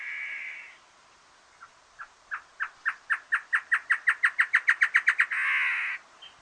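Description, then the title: Great antshrike giving a harsh nasal snarl, then a long series of hollow notes that quickens and rises slightly in loudness, ending in another harsh nasal snarl. Nominate subspecies Taraba major major. "LuckyPassaro Completos2Sama. Great Antshrike"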